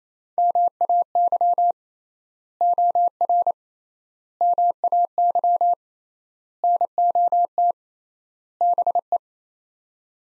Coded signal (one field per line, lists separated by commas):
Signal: Morse code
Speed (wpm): 28 wpm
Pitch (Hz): 700 Hz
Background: none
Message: MAY OR MAY NOT BE